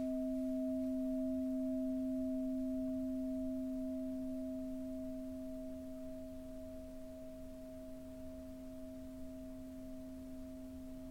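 A singing bowl session: two steady pure tones, a low one and a higher one, ring out together and sustain throughout. The sound slowly fades over the eleven seconds, with a soft low rumble underneath and no new strikes.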